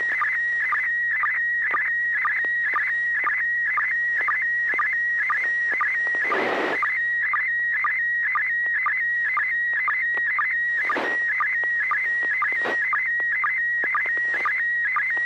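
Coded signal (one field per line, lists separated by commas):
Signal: SSTV (slow-scan television)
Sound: steady high warbling tone with rhythmic chirpy sync blips twice a second, occasional bursts of hiss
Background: radio static, low hum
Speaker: send your picture. A good tone.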